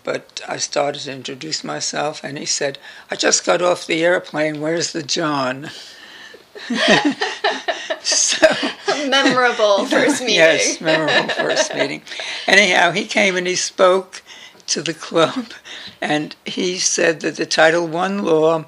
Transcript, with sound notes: but I started to introduce myself—and he said, “I just got off the airplane, where’s the john.” [Laughing]
A memorable first meeting.
Yes, memorable first meeting. Anyhow, he came and he spoke to the club [laughs] and he said that the Title 1 law